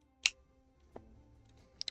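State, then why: Not seated. A plastic part is pressed into place on an MG Gouf 2.0 plastic model kit assembly, but it has not clicked or seated. Short, sharp ticks are heard at 0.3 s, 1.0 s (softer), 1.8 s and 1.9 s over faint steady tones.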